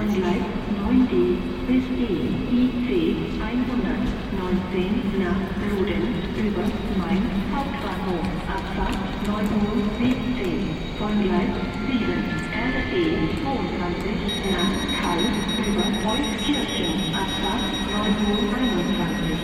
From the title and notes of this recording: Cologne Central Station | Train station sounds. Recorded on Cologne Central Station.